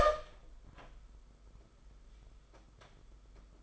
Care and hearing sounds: daily activity, microphone in the room; open door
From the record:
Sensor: 5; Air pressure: 991.7 hPa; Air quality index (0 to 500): 134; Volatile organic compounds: 84 ppm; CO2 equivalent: 3639 ppm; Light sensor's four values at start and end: 36/118/44/47 and 37/119/45/48

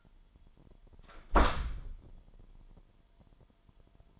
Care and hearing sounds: daily activity, microphone in the room; close door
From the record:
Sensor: 5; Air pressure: 998.5 hPa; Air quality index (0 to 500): 82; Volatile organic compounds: 1 ppm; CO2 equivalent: 940 ppm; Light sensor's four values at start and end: 33/81/33/37 and 33/80/33/37

